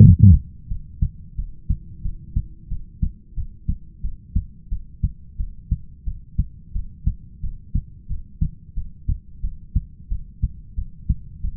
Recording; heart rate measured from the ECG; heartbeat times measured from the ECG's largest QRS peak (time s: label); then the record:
heart sounds by stethoscope; 89 bpm
0.00 s: heartbeat
0.69 s: heartbeat
1.37 s: heartbeat
2.03 s: heartbeat
2.69 s: heartbeat
3.35 s: heartbeat
4.02 s: heartbeat
4.70 s: heartbeat
5.38 s: heartbeat
6.05 s: heartbeat
6.73 s: heartbeat
7.41 s: heartbeat
8.08 s: heartbeat
8.75 s: heartbeat
9.42 s: heartbeat
10.09 s: heartbeat
10.76 s: heartbeat
11.42 s: heartbeat
From the record:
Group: heart failure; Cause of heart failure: ischemic heart disease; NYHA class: 1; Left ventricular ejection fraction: 38%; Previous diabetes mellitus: present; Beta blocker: bisoprolol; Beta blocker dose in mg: 15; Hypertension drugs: sacubitril-valsartan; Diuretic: furosemide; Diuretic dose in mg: 20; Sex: male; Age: 33 years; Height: 172 cm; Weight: 78.5 kg